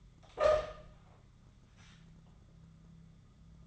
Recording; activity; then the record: daily activity, microphone in the room; open door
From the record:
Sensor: 3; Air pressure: 1004.9 hPa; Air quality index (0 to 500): 74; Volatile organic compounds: 2 ppm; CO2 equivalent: 1117 ppm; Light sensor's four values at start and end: 8/20/8/8 and 8/20/8/8